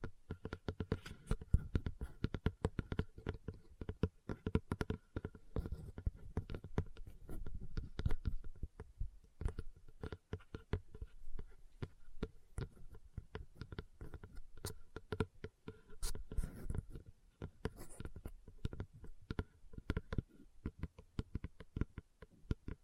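Dense, irregular tapping and scratching on leather runs through the whole clip, with sharp clicks arriving several times a second and a soft rubbing low underneath. A faint steady hum sits in the background, and a few louder taps stand out around the middle.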